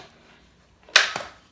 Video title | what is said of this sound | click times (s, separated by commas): Segway Ninebot ES2 Unboxing Review | It needs to click into place to work. | 1.0 s